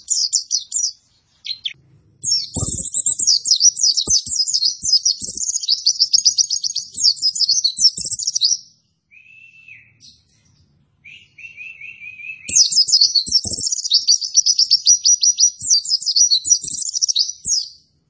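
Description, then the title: White-eye song, long runs of rapid high twittering with a pause holding two brief buzzy lower notes, then more chattering, plus occasional clicks. Lively-singing ('gacor') white-eye song used to train cage birds. "Pleci Gacor. Masteran Burung PLECI"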